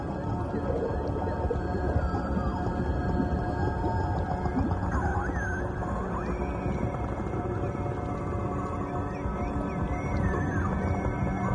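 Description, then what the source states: Dolphin whistles, curling upward and downward squeaks, above a constant background of calm droning music. Dolphin sounds used in a meditation music track.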